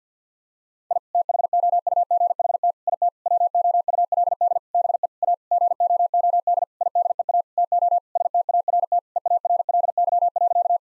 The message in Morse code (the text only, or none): I THOUGHT IT WOULD BE A GOOD IDEA TO START EARLY.